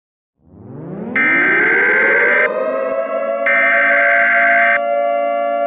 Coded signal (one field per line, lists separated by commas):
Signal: Emergency Alert System (SAME) tones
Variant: header bursts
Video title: EAS Scenario #4: Elmo The Killer (ReUpload)